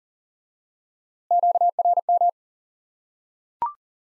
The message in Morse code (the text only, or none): QRM